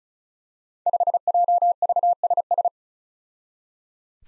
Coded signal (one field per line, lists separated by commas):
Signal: Morse code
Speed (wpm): 36 wpm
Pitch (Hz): 700 Hz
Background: none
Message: 5JVSS